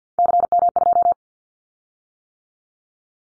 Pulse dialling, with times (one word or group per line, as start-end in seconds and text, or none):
none